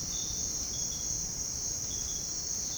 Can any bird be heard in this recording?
no